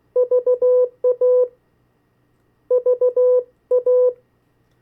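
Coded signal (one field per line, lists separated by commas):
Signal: Morse code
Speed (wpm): 16 wpm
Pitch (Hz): 500 Hz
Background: none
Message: VA VA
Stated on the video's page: CW copy practice of the 50 state abbreviations at variable speeds.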